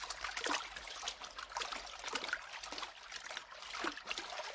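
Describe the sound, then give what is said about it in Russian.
Steady, irregular sloshing and splashing of icy water as Red Army soldiers and officers wade with difficulty across the Sivash in war newsreel footage, bright watery churning with repeated surges and no voices. “Солдаты и офицеры с трудом передвигаются в ледяной воде.”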